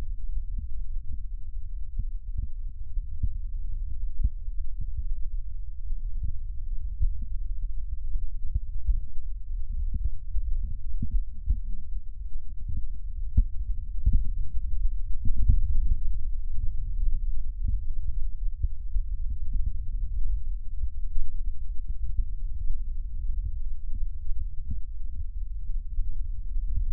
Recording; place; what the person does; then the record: lung sounds by stethoscope; right posterior basal chest; quiet breathing, then deep breathing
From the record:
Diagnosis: none (healthy); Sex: male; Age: 60 years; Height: 190 cm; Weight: 150 kg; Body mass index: 41.6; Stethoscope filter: bell mode